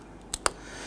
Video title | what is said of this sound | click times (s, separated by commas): How to Replace Headlights 2011-2023 Dodge Charger 3.6L V6 | you're going to feel inhere it snap into place | 0.3 s, 0.5 s